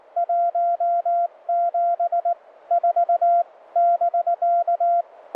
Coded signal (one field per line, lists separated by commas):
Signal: Morse code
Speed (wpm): 18 wpm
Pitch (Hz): 690 Hz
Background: none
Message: 17 4 <BK>